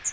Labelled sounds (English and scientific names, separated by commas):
Magnolia Warbler (Setophaga magnolia) flight call